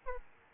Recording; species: mosquito wingbeat signal from an infrared sensor; Aedes albopictus